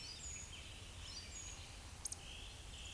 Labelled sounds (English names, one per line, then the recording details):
Eurasian Woodcock whistle
Eurasian Woodcock croak
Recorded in Baden-Württemberg, Germany, on 10 May 2021 at 19:19 UTC
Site 24606, 635 m above sea level